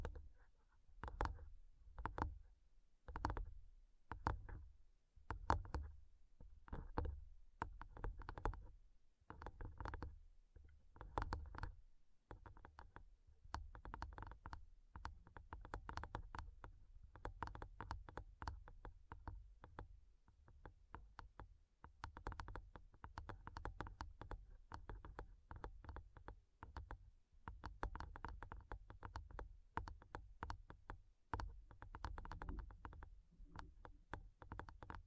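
Fingernails tap rapidly on a microphone, making sharp clicky knocks over a deep thudding body. Early on the taps come in separated bursts about once a second; from around ten seconds they grow denser and nearly continuous, a busy rattling patter to the end.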